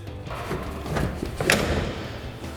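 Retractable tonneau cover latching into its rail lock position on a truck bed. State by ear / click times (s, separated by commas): seated / 1.5 s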